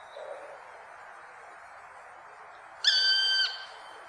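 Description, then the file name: Black woodpecker giving a single drawn-out, plaintive ringing call lasting about half a second, over a steady background hiss. "svartspett"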